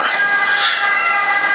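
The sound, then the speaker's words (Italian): A loud ambulance siren holds a steady, high, reedy wail with layered harmonic tones, sounding continuously for the whole moment with no voices over it. “La gente passa nell'ambulanza.”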